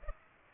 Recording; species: mosquito wingbeat signal from an infrared sensor; Culex pipiens